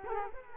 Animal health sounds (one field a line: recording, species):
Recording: mosquito wingbeat signal from an infrared sensor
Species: Culex quinquefasciatus